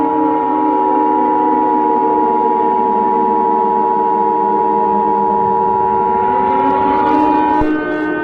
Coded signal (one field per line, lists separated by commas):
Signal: Emergency Alert System (SAME) tones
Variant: 853 and 960 Hz attention tone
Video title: eas scenario hal as grimlock ep3